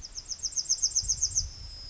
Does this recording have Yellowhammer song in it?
yes